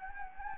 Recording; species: mosquito wingbeat signal from an infrared sensor; Anopheles gambiae